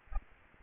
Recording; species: mosquito wingbeat signal from an infrared sensor; Aedes albopictus